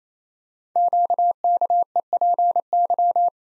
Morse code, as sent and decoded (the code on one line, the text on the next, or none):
--.- -.- . .--. -.--
QKEPY